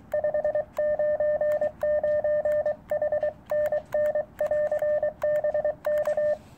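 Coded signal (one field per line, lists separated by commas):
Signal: Morse code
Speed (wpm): 20 wpm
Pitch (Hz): 600 Hz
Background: radio noise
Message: 599 HNN <AR> BK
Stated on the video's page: 40 m field operation using a homemade ultralight end-fed Zepp antenna on a mountain, for QRP use.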